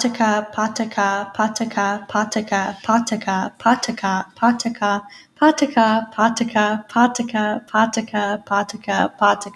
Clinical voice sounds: repeated syllables /pa ta ka/; female; 20 to 29 years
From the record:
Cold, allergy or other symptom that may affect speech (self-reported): no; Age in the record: 21 years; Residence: Arkansas, United States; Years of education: 14

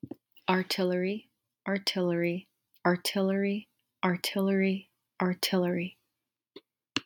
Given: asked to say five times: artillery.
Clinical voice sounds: repeated word; female; 20 to 29 years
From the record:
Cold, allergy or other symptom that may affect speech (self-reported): no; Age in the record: 22 years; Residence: Florida, United States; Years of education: 17

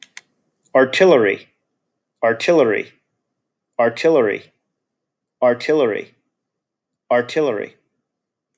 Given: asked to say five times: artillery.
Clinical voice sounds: repeated word; male; 40 to 49 years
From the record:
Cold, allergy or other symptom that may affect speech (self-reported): no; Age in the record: 42 years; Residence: Pennsylvania, United States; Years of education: 22

